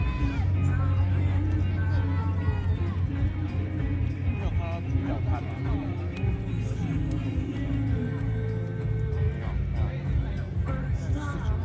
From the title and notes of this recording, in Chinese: 錄音來自2020年漂遊者音樂祭現場收音，是真的噪音。